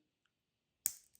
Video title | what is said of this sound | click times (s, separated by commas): NEW KIZER BUDGET KNIVES FOR DECEMBER!! A little left to be desired here. 🫤 | Once you hear that click, it's locked in. | 0.9 s